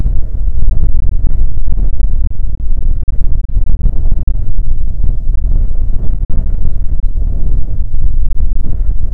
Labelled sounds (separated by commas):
songbird, wind, man-made sound